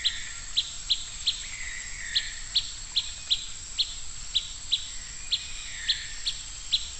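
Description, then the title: Bird giving short, sharp high chirps repeated about every half second, over a steady high insect hum. "LuckyPassaro Completos2Sama"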